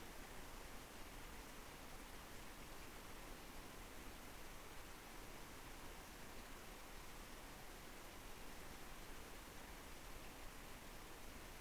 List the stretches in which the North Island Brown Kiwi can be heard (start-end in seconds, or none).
none